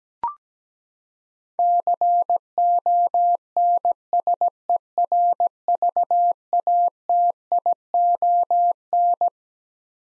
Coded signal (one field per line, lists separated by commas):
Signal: Morse code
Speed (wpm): 17 wpm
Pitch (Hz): 700 Hz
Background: none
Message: CONSERVATION